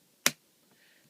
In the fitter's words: and then the top left same thing just go until it clicks